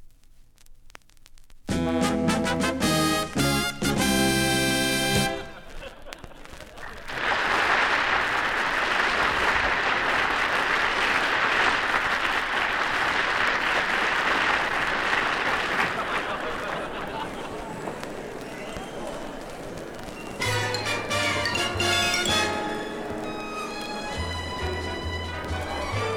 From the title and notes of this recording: Laughter in Theatre/Applause in Theatre (1935 Columbia), 78 RPM UK disc.